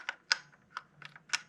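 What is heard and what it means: After a failed try, a small sight adjustment part is worked into the rear sight housing of an FNH PS90 rifle, giving a series of short, light clicks and taps. The loudest, sharpest click comes at 0.3 s as the part locks into place, followed by quieter handling ticks. The part is seated.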